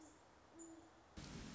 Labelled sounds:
Great Horned Owl (Bubo virginianus)
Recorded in Sonoma County, California

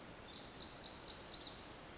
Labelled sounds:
Pacific Wren (Troglodytes pacificus)
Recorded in Sonoma County, California

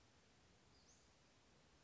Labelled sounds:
Western Flycatcher (Empidonax difficilis)
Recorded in Sonoma County, California

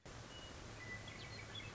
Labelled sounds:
Western Meadowlark (Sturnella neglecta)
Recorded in Sonoma County, California

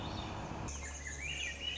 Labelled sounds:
Swainson's Thrush (Catharus ustulatus)
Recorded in Sonoma County, California

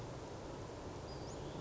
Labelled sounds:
Western Flycatcher (Empidonax difficilis)
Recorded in Sonoma County, California

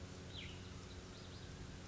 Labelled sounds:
Cassin's Vireo (Vireo cassinii)
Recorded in Sonoma County, California

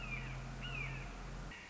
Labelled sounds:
Red-shouldered Hawk (Buteo lineatus)
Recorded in Sonoma County, California

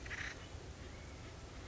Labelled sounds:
Acorn Woodpecker (Melanerpes formicivorus)
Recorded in Sonoma County, California

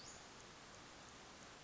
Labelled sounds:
Western Flycatcher (Empidonax difficilis)
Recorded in Sonoma County, California

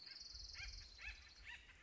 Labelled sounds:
Acorn Woodpecker (Melanerpes formicivorus)
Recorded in Sonoma County, California

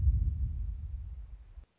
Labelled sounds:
Anna's Hummingbird (Calypte anna)
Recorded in Sonoma County, California

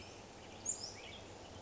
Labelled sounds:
Western Tanager (Piranga ludoviciana)
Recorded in Sonoma County, California

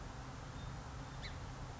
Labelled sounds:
Song Sparrow (Melospiza melodia)
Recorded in Sonoma County, California

